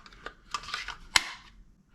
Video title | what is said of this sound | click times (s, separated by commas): Canik Rival Unboxing and First Reactions | that nice click in there, and you know, it's not going anywhere. | 1.2 s